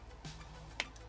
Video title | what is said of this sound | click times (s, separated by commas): If you build Astro Boy... They will come... Part 1 | In. Oh, look at that. I heard the click. | 0.8 s